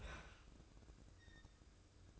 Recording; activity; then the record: daily activity, microphone in the room; open fridge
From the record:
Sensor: 2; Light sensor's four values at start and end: 17/55/21/21 and 17/55/21/21